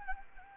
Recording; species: mosquito wingbeat signal from an infrared sensor; Anopheles gambiae